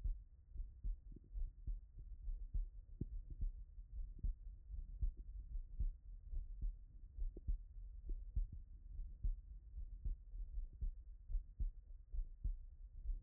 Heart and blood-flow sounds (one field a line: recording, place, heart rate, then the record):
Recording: heart sounds by stethoscope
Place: Erb's point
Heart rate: 72 bpm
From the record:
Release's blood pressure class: hypertension stage 1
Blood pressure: 137/83 mmHg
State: after exercise